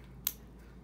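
A black Powerpole metal contact is pushed into its plastic connector housing, giving a single sharp snap at 0.3 s over a steady low background hum. The contact seats in the housing.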